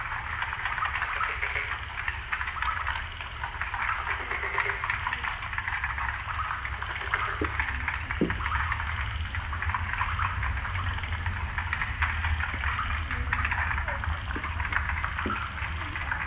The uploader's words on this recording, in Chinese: 聽取蛙聲一片。傍晚的蛙群。山中，赤壁，湖北。